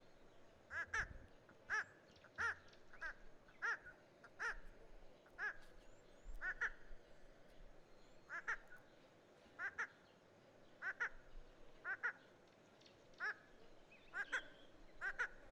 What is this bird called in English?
Rufous-crowned Roller